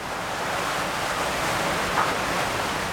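A strong, fist-thick jet of water gushes out of a leak at the base of a lock gate's wall, a steady, dense rushing hiss that holds an even loudness throughout without pauses or voices.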